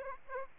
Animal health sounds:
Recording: mosquito wingbeat signal from an infrared sensor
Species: Aedes aegypti

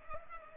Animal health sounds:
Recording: mosquito wingbeat signal from an infrared sensor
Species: Culex pipiens

